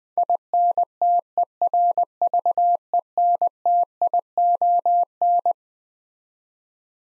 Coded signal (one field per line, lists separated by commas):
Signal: Morse code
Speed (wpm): 20 wpm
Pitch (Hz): 700 Hz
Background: none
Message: INTERVENTION